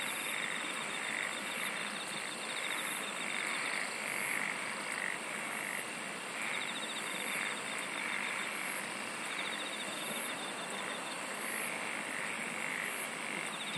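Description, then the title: Dense insect song with a rhythmic high chirp recurring regularly and intermittent rapid clicking trills. "SINGING OF INSECTS"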